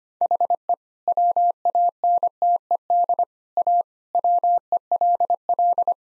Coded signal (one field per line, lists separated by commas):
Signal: Morse code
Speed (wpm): 25 wpm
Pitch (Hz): 700 Hz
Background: none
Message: HE WANTED A WELL